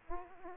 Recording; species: mosquito wingbeat signal from an infrared sensor; Aedes aegypti